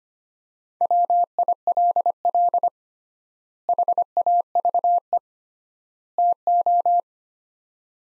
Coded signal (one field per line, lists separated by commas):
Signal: Morse code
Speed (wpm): 25 wpm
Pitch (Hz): 700 Hz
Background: none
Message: WILL HAVE TO